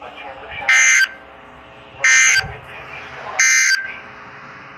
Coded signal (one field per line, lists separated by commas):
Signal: Emergency Alert System (SAME) tones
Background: speech